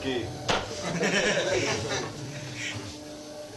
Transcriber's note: laughter